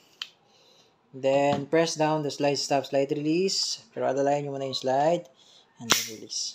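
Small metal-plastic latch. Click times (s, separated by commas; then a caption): 0.2 s. With the slide locked back on an empty magazine, the magazine release of a DB John Wick 4 (Pit Viper) airsoft pistol is pressed and the gas magazine comes out of the grip with one sharp click at 0.2 s. Someone then talks for the rest of the clip, and the magazine ends up released.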